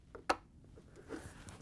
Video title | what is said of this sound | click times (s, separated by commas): How To: LG/Kenmore Water Valve Assembly AJU72992601 | once you have that one locked in if you have the water flow meter now you can hook that one up | 0.3 s